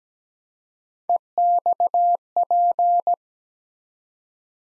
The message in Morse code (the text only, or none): EXP